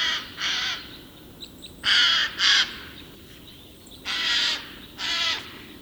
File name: Garrulus glandarius